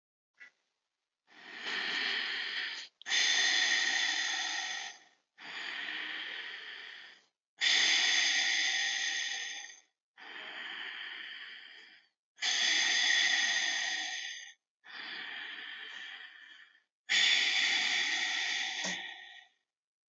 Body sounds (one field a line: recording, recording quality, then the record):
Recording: deep breathing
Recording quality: excellent, no background noise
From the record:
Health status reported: healthy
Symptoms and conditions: none ticked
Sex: male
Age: 23 years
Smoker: not ticked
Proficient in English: yes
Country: India